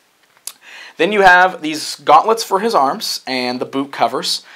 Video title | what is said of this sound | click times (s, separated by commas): Masters of the Universe Classics SDCC Exclusive Vykron Figure Review | snaps into place | 0.5 s